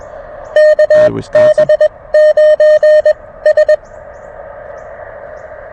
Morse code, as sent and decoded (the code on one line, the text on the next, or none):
-.- -... ----. ...
KB9S